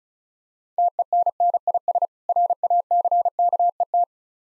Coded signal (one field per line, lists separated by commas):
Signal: Morse code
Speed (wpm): 36 wpm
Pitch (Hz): 700 Hz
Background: none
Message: TENNIS RACKET